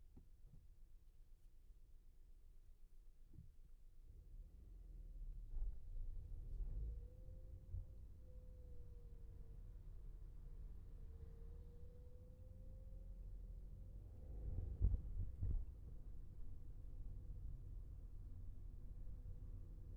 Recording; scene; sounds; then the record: everyday scene through a hearing-aid microphone; in a vehicle; engine, traffic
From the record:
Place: Skoda Fabia, gasoline engine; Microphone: behind the ear, left, front